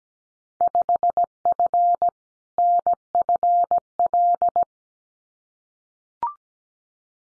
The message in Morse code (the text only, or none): 5F NFL